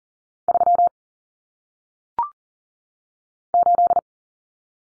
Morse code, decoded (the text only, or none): 3 8